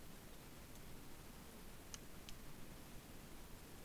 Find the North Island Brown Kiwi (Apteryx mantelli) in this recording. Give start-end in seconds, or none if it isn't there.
none